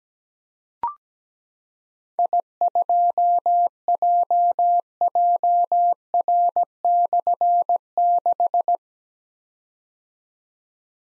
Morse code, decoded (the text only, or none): I2JJR/6